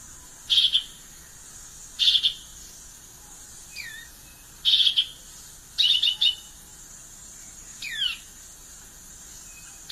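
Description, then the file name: Violaceous euphonia song mixing quick chattering bursts with clear downslurred whistles, about six phrases in ten seconds, steady high hiss behind. "canto do guriata"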